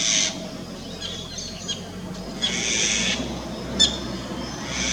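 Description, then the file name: Eurasian jay calling with rough, scratchy screeches, several noisy bursts at irregular intervals against a low background hum. "Eurasian Jay call 2 Alok"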